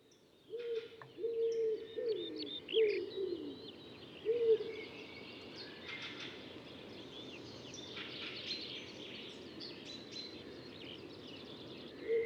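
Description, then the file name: Common wood pigeon giving several low coos in the first few seconds and one more at the end, with other birds chirping over a steady background hiss. "Ringdue"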